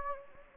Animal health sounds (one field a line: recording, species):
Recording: mosquito wingbeat signal from an infrared sensor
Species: Anopheles gambiae